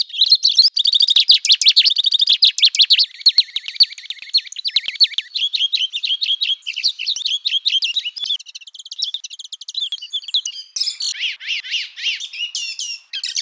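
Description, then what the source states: Bird singing a rapid, varied run of sharp chirps and sweeping notes, turning into harsher, scratchy phrases toward the end. Song unit 22.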